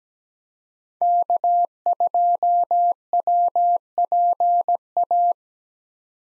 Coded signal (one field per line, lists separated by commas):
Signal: Morse code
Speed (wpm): 17 wpm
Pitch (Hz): 700 Hz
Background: none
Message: K2WPA